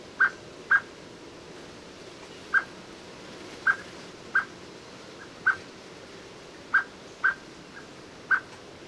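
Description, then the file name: Common blackbird uttering abrupt clicking notes at uneven intervals, some in quick pairs, over steady background noise. "Turdus merula"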